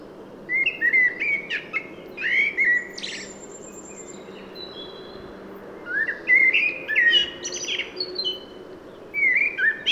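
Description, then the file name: Common blackbird, three bouts of rich whistled song each trailing into thin high squeaky notes, separated by pauses. "Turdus merula"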